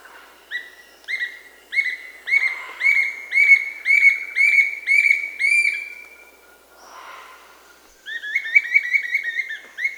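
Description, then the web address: Bright-rumped Attila song: a series of loud upslurred whistled notes, about two per second, swelling in volume, then a pause and a second run of rising whistles. South America. "Natures Songs S America Bright-rumped Attila"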